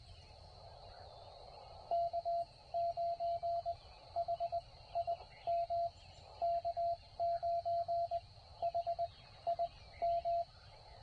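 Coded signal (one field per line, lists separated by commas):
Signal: Morse code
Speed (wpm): 19 wpm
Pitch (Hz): 690 Hz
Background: radio noise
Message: K9HIM K9HIM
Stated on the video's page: Parks on the Air activation, offered as call sign copy practice.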